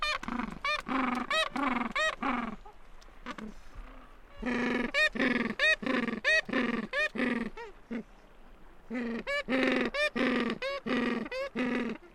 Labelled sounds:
Gentoo Penguin (Pygoscelis papua) call

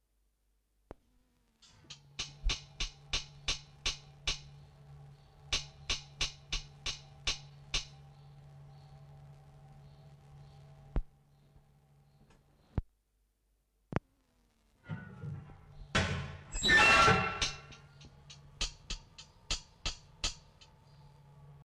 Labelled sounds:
Surinam Toad (Pipa pipa) call

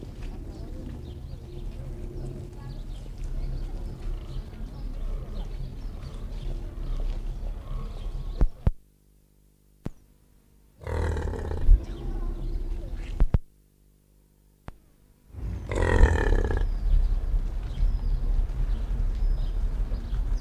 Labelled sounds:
European Bison (Bison bonasus) call

